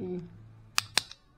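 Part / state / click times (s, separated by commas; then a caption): plastic battery cover into car key remote housing / seated / 0.8 s, 1.0 s. A person talks briefly while the plastic battery cover of a Skoda Rapid car key remote, fitted with a new CR2032 coin cell, is pressed closed into the remote housing. Two sharp snaps sound at 0.8 s and 1.0 s, followed by a faint tick at 1.1 s. The cover snaps shut and is seated.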